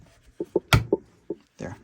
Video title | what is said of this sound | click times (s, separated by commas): CruzeKits.com V3.4+ PCV Fix Kit Install Instructions | now that's snapped back into place and we're ready for the next part and | 0.7 s